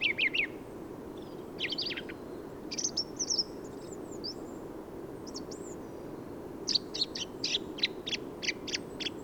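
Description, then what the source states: Song thrush song, quiet and improvised: varied chirps and slurred whistles, then a fast series of repeated sharp notes. Song thrush in Valdrôme forest, autumn, 15 November 2020; autumnal improvised song; thrushes staying until snowfall thanks to exceptional whitebeam and rowan fruiting; Nagra Seven recorder, Telinga Pro7 parabola.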